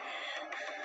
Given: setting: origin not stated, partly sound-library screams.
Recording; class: one-second piece from a danger detection set; woman in danger